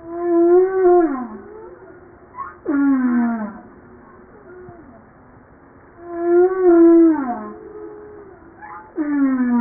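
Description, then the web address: Humpback whale song units alternate: a held tonal moan that slides downward, then a sharp downsweep, the pair heard twice. Recorded 5 March 1994. "Voile'Ocean 940305 HUMPBACK"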